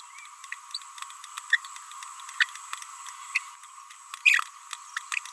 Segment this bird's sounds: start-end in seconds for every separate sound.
0.74-0.79, 1.50-1.59, 2.40-2.46, 3.35-3.38, 4.25-4.42